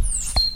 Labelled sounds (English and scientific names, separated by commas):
Stitchbird (Notiomystis cincta) song